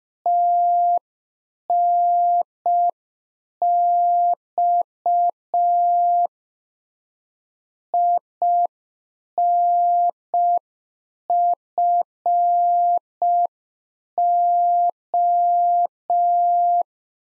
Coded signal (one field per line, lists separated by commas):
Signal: Morse code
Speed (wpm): 5 wpm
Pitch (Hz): 700 Hz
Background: none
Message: TNX INFO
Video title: Practice QSO - Exchange 3- More Info - 5wpm